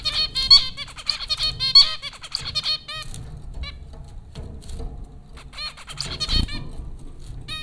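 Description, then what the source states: Zebra finches giving bright, nasal, toy-trumpet chirps in fast bursts early on, then sparser beeps over a quiet low hum. Zebra finches at Popcorn School, Flatbush, Brooklyn, New York, April 15, 2009.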